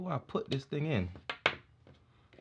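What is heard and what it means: A wireless earbud is handled near its plastic charging case while someone talks, unsure how it goes in. A sharp transient, followed by faint ticks, sounds as the earbud is moved. Nothing has seated or clicked yet; the clip ends before the earbud goes home.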